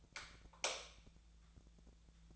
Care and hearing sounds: daily activity, microphone in the room; light off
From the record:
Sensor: 3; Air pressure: 1000.0 hPa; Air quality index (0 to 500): 125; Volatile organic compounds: 2 ppm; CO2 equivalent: 1119 ppm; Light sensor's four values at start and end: 40/105/44/48 and 38/96/41/45

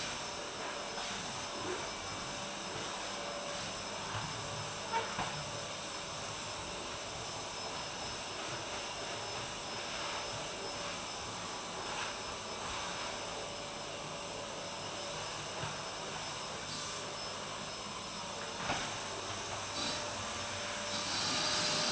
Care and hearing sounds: daily activity, microphone in the room; vacuum cleaning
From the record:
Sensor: 2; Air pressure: 1011.7 hPa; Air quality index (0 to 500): 220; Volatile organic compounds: 4 ppm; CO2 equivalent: 1549 ppm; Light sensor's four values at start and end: 8/18/8/8 and 7/17/7/7

